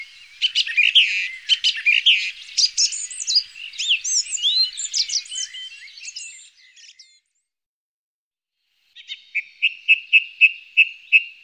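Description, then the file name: Song thrush song: a busy stream of fluty and twittering phrases, then a silent gap and a series of identical sharp notes repeated evenly. "Singdrossel"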